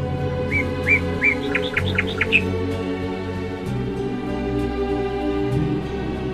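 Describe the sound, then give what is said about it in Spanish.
Small birds chirp in a quick run of about eight bright, high tweets, rising slightly in pitch, then stop, leaving a steady low background rumble for the rest. “Pues que los pajaritos se las habían comido todas.”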